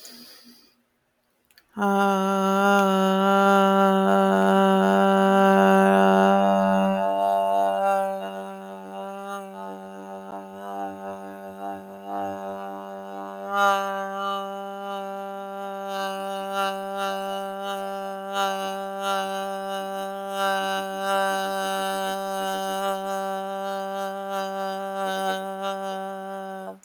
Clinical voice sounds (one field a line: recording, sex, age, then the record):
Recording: vowel held as long as possible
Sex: female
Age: 40 to 49 years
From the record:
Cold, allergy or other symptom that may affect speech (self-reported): no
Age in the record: 41 years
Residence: Florida, United States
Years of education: 19